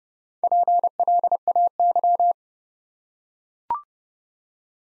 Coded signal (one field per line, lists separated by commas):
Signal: Morse code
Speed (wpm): 30 wpm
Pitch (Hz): 700 Hz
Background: none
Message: PLAY